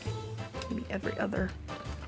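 A plastic thread peg is handled against the plastic panel of a Sew Tech thread rack while someone talks over background music. The peg has not clicked into the rack or seated yet.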